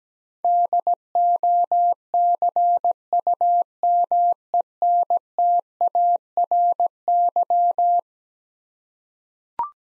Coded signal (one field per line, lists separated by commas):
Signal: Morse code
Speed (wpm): 17 wpm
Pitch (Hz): 700 Hz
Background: none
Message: DOCUMENTARY